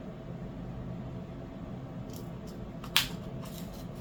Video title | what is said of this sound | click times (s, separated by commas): Unboxing du dp Tiny Rose Fairy de Ever After Diamond Painting et organisation des diamants | Ah, là on a entendu le clic. | 3.0 s